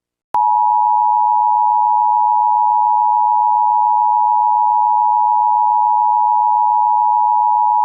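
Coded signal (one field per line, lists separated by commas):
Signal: Emergency Alert System (SAME) tones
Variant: 853 and 960 Hz attention tone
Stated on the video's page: Simulated EAS nuclear attack scenario with valid SAME tones and glitchy text-to-speech voice.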